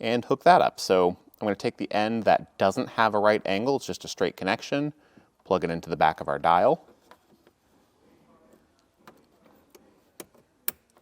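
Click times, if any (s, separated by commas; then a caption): 10.7 s. Someone talks, then the straight end of the wire harness that links the button and dial to the module box of a Redarc Tow-Pro Liberty brake controller is plugged into the back of the brake controller dial in a 2022 Chevrolet Colorado. After some soft fumbling sounds, a sharp click at 10.7 s confirms the connector is seated.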